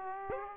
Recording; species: mosquito wingbeat signal from an infrared sensor; Aedes aegypti